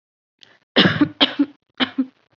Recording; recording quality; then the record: heavy voluntary cough; excellent, no background noise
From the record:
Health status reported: COVID-19 positive, no symptoms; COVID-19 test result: positive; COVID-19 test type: RT-PCR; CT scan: not taken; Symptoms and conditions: none ticked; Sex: female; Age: 25 years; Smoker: no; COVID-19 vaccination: both doses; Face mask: not worn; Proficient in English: yes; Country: India